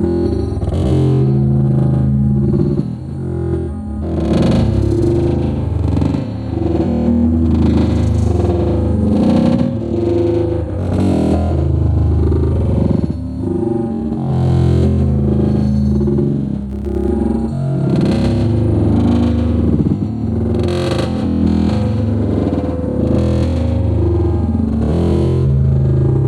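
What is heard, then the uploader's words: Steady, dense drumming with heavy low thumps and frequent sharp bright hits, slightly distorted, continuing without pause throughout. Darlington drumming drone. Drumming recorded in Darlington, MD in June 2008.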